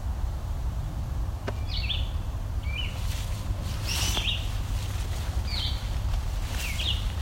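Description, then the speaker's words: Blue jay making unusual calls: brief squeaky whistled notes that bend downward, repeated at irregular intervals, with a few sharp clicks and a constant low background hum. An unusual, weird call that blue jays sometimes make; heard in old growth forest with a spicebush understory. "That's a blue jay making a weird call. It's making a bit of a weird call, but they do that."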